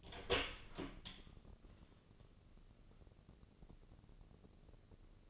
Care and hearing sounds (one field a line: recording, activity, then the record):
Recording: daily activity, microphone in the room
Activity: open door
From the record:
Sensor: 4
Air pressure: 1013.2 hPa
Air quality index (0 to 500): 180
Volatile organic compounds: 2 ppm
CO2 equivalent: 1126 ppm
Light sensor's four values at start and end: 60/145/61/60 and 77/192/79/82